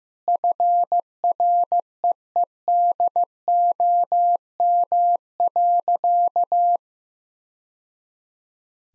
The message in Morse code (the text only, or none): FREEDOM.